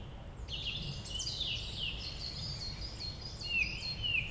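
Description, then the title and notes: Song Thrush delivering bright, varied whistled phrases, a short motif repeated near the end, over a low rumble. Singing in the Forêt domaniale du Montcel, a large state forest frequented by thrushes and many other birds, Route Forestière de la Meunaz, Montcel, France. "Rte Forestière de la Meunaz, 73100 Montcel, France - Grive musicienne. Forêt domaniale du Montcel, vaste espace forestier , fréquenté par les grives et de nombreux oiseaux. La cloche du Montcel"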